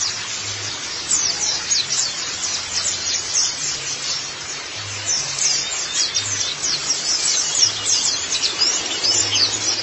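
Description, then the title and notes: White-eye song: busy, thin, high-pitched chattering phrases tumbling together almost without pause, over a faint low hum. Long-duration recording of the chirping song. "Kicauan Burung Pleci Durasi Panjang. Suara kicauan burung pleci"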